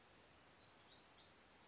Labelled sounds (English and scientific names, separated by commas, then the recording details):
Black-throated Gray Warbler (Setophaga nigrescens)
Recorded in Sonoma County, California